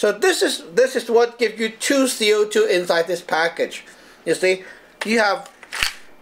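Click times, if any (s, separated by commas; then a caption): 5.8 s. Someone talks while a 12 g CO2 cartridge is pressed into its holder in the foregrip of a Tippmann TCR paintball marker. A sharp click at 5.8 s marks the cartridge snapping into place, and it is seated.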